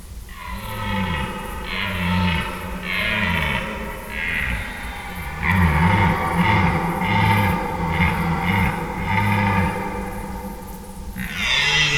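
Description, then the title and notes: Red deer stag giving a long series of deep groaning roars, pulsed bellows repeated many times, ending with a harsher burst. Stags calling overnight during the rut; Schönbuch near Tübingen, Germany; September 2023. "red deer stags calling during the rut. Recorded in Schönbuch, near Tübingen, DE"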